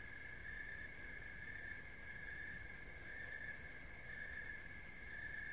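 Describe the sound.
Steady cricket trilling, a bright continuous tone that swells faintly about once a second, against low background rumble.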